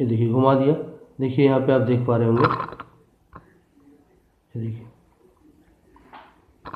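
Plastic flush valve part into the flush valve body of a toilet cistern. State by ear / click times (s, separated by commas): not seated / none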